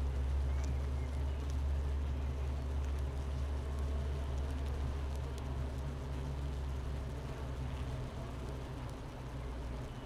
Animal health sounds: honeybee colony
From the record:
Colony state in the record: missing queen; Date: 31 May 2018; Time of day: 10:42

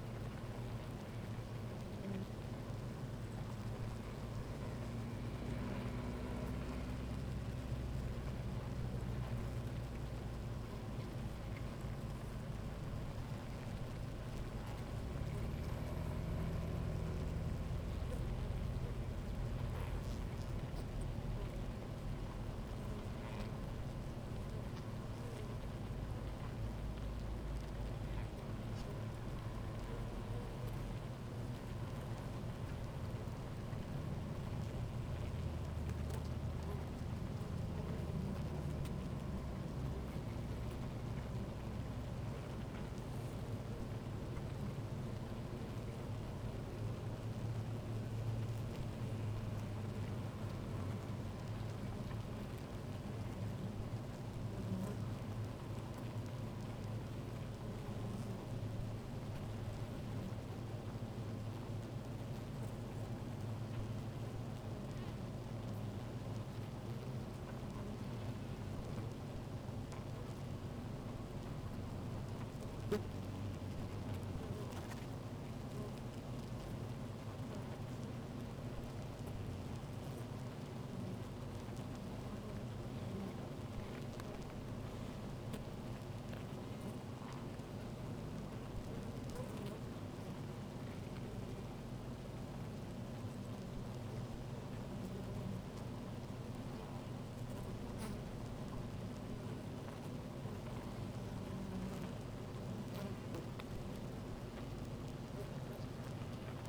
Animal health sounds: honeybee colony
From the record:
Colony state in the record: active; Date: 28 July 2017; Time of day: 16:20

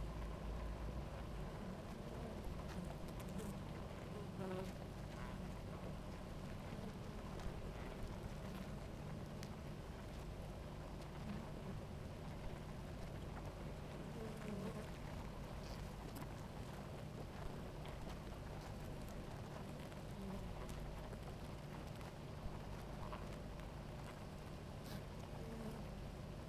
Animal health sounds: honeybee colony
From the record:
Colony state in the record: active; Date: 28 July 2017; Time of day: 17:36

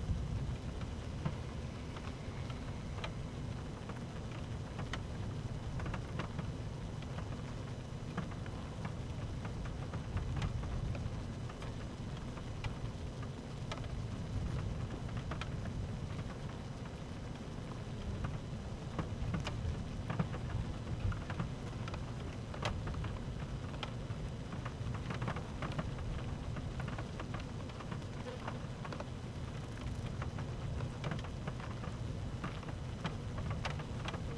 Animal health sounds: honeybee colony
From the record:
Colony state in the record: active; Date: 12 June 2018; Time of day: 13:06

